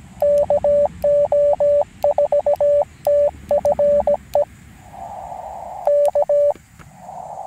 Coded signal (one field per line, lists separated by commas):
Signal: Morse code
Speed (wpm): 17 wpm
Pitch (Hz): 580 Hz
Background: radio noise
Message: KO4TFE K